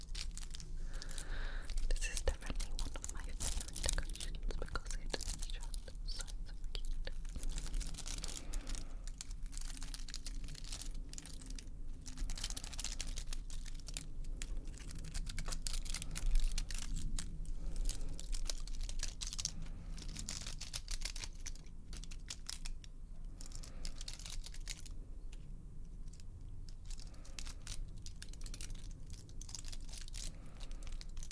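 Tapping and scratching go on without pause for the whole half minute, a dense run of quick, crisp clicks and rough, papery scrapes with a crinkling edge. Beneath them sits a steady low hum, and the level stays fairly even throughout.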